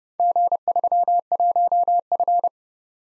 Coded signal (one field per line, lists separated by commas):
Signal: Morse code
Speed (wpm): 29 wpm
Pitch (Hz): 700 Hz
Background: none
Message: G31F